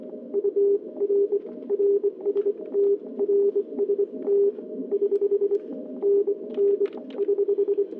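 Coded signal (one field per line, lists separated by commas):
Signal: Morse code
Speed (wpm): 24 wpm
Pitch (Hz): 400 Hz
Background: radio noise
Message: UR RST RST <HH> NN <HH>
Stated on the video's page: Straight key QSO with a station in Italy.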